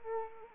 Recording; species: mosquito wingbeat signal from an infrared sensor; Anopheles arabiensis